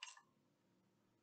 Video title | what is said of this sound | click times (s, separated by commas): Licht und Schatten - Blue Brixx Spezial - Klassischer Italienischer Sportwagen . Ne Ne !! | habe schon wieder das Klicken gehört. Da ist da schon wieder irgendwas abgefallen, oder? | 0.0 s